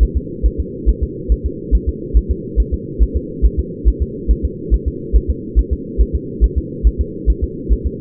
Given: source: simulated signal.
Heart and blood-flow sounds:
fetal heart sounds
0.03 s: S1
0.17 s: S2
0.46 s: S1
0.60 s: S2
0.89 s: S1
1.03 s: S2
1.32 s: S1
1.46 s: S2
1.75 s: S1
1.89 s: S2
2.17 s: S1
2.31 s: S2
2.60 s: S1
2.74 s: S2
3.03 s: S1
3.17 s: S2
3.45 s: S1
3.60 s: S2
3.88 s: S1
4.02 s: S2
4.31 s: S1
4.45 s: S2
4.74 s: S1
4.88 s: S2
5.16 s: S1
5.30 s: S2
5.59 s: S1
5.73 s: S2
6.01 s: S1
6.15 s: S2
6.44 s: S1
6.58 s: S2
6.87 s: S1
7.01 s: S2
7.30 s: S1
7.44 s: S2
7.73 s: S1
7.87 s: S2
From the record:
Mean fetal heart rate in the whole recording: 140 bpm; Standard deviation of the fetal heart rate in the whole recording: 2 bpm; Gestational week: 34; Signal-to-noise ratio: -4.1 dB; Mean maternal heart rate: no maternal heart sound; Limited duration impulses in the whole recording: absent

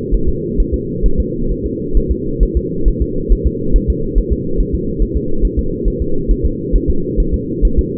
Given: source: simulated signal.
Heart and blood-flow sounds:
fetal heart sounds
0.14 s: S1
0.29 s: S2
0.60 s: S1
0.74 s: S2
1.06 s: S1
1.20 s: S2
1.52 s: S1
1.66 s: S2
1.97 s: S1
2.11 s: S2
2.43 s: S1
2.57 s: S2
2.88 s: S1
3.02 s: S2
3.32 s: S1
3.47 s: S2
3.76 s: S1
3.90 s: S2
4.18 s: S1
4.32 s: S2
4.60 s: S1
4.75 s: S2
5.02 s: S1
5.16 s: S2
5.45 s: S1
5.59 s: S2
5.88 s: S1
6.02 s: S2
6.31 s: S1
6.45 s: S2
6.75 s: S1
6.90 s: S2
7.20 s: S1
7.34 s: S2
7.65 s: S1
7.79 s: S2
From the record:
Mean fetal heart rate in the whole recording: 135 bpm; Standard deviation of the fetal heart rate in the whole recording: 3 bpm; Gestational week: 36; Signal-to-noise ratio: -8.1 dB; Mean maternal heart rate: 72 bpm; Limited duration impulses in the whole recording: absent

